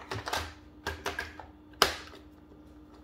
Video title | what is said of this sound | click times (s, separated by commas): How to remove and replace Main wheels of iRobot Roomba i-Series | make sure to snap in place | 1.8 s